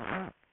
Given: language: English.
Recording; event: throat vibration sensor signal played as sound; throat clearing